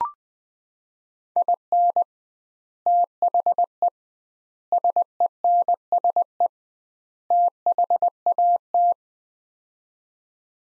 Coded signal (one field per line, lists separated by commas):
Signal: Morse code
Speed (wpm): 21 wpm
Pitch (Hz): 700 Hz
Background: none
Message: IN THE SENSE THAT